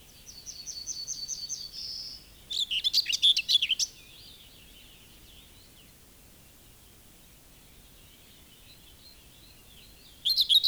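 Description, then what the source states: Common whitethroat song: a brief scratchy chattering phrase after a thin high trill, then a long quiet pause and the start of another phrase at the end. Fairly lively singer with a cheerful phrase, heard from bushes at the edges of fields.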